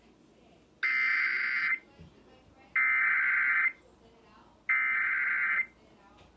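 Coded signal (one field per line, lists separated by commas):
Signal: Emergency Alert System (SAME) tones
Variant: header bursts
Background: speech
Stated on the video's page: Valid SAME tones.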